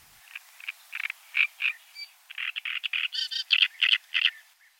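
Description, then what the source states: Great reed warbler song: a short, intense run of harsh, grating notes repeated rapidly, growing louder. Male's fighting song, fanfare-like, directed at competing males; short, less variable but intense.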